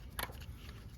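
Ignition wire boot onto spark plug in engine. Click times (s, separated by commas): 0.2 s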